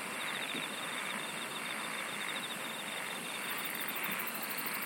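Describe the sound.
Insects in a steady chorus, a rapid ticking trill running for the first three seconds or so, with a high pulsed burst joining near the end over a continuous hiss.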